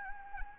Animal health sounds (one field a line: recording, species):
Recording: mosquito wingbeat signal from an infrared sensor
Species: Anopheles arabiensis